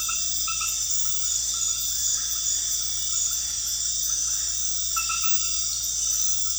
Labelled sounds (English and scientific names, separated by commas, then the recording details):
none
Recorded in pastures near Puerto Asís, Putumayo, Colombia, on 8 March 2025 at 22:30
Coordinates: 0.502, -76.324
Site GP07